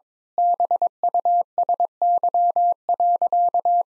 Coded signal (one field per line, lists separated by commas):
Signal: Morse code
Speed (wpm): 22 wpm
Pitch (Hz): 700 Hz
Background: none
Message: BUSY.